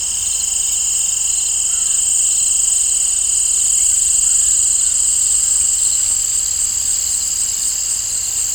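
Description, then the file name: Cricket chorus of bright, high continuous trilling that swells slightly midway. In an open field. "Crickets and Birds In an Open Field"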